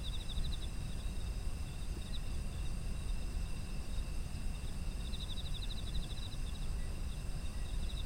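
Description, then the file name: Insects give continuous high trills. Short pulsed chirp runs come at the opening and around five seconds, with a deep steady rumble below. Autumn insects, ambient environmental sound. "秋の虫の環境音"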